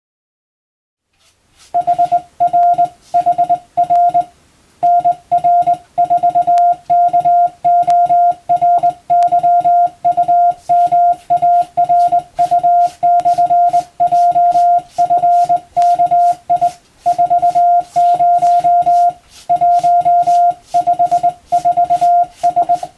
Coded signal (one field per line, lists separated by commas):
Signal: Morse code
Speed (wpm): 20 wpm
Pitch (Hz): 700 Hz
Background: music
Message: HRHR NR4 KORYUMARU/JFKI 40 154S